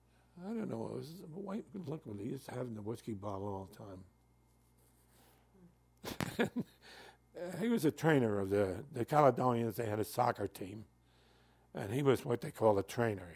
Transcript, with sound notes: I don't know, it was white liquid. He used to have it in a whiskey bottle all the time. [Laughs] he was a trainer of the — the Caledonian's, they had a soccer team and he was what they called a trainer.